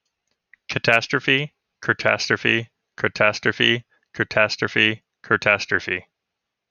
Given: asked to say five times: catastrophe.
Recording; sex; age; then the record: repeated word; male; 30 to 39 years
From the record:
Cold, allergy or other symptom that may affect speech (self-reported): no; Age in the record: 36 years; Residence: Kansas, United States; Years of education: 12